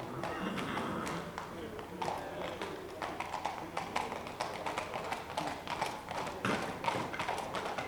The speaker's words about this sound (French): C'était vers 18h que les cavaliers sortaient et trottaient dans la ville comme d'autres tournaient à moto ou dans leur voiture, musique à plein volume.